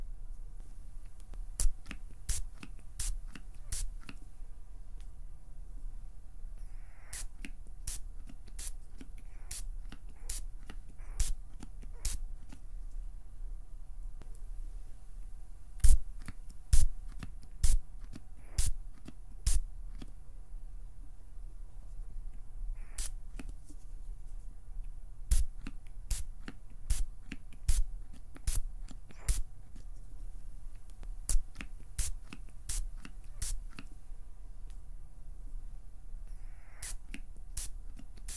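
Sharp plucking and pinching clicks arrive in irregular bursts over a low steady hum, with small flurries of quick fluttering taps between quieter pauses.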